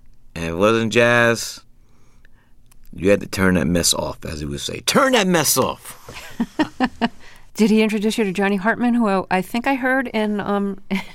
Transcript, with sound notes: And if it wasn't jazz, you had to turn that mess off, as he would say. Turn that mess off.
(Laughter) Did he introduce you to Johnny Hartman, who I think I heard